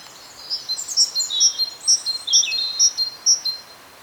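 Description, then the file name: Great tit: a series of thin, high notes repeated about twice a second, some with short slurred tails, over a quiet hiss. "Parus major"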